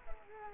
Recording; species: mosquito wingbeat signal from an infrared sensor; Culex quinquefasciatus